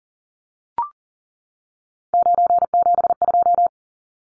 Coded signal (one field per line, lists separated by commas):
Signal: Morse code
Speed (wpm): 40 wpm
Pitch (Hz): 700 Hz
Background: none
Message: 972